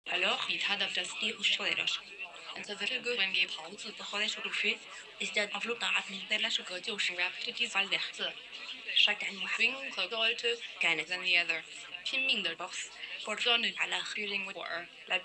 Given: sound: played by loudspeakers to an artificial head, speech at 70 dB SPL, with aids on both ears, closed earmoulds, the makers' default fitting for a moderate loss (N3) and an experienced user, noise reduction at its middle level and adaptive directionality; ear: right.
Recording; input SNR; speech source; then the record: speech test signal (ISTS) in cocktail-party noise; +9 dB; in front (0 degrees)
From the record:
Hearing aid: class 1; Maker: I